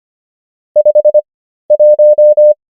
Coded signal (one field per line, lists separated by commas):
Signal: Morse code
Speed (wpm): 25 wpm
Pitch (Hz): 600 Hz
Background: none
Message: 51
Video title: morse code practice | 25wpm | 13fw | numbers | ENGLISH